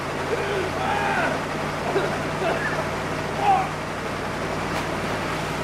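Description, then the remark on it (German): A motorboat engine drones steadily on the water, a constant low hum with a rough, rushing wash layered over it, holding an even level throughout with a faint muffled voice or two. “Halten Sie das Boot in der Richtung.”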